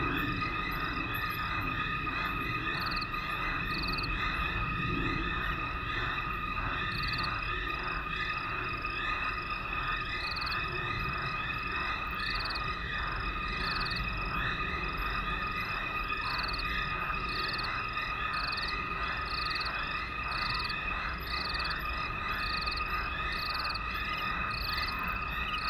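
A dry stretch of the Limpopo River at the start of the rainy season, filled with a dense, unbroken chorus of calling creatures, likely frogs and insects. Steady tones hold throughout while rapid pulsing calls repeat at a quick, regular rate over a low rumble.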